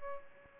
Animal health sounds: mosquito wingbeat signal from an infrared sensor; Aedes aegypti

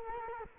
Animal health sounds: mosquito wingbeat signal from an infrared sensor; Culex quinquefasciatus

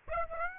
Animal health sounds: mosquito wingbeat signal from an infrared sensor; Aedes aegypti

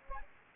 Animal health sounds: mosquito wingbeat signal from an infrared sensor; Aedes aegypti

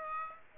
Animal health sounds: mosquito wingbeat signal from an infrared sensor; Aedes aegypti

